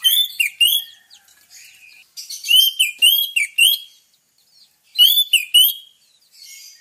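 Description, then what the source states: Orange-headed thrush song in several bursts of bright whistled and rasping notes, separated by short quieter gaps. Lure sound meant to prompt a thrush to sing vigorously; bird in full song.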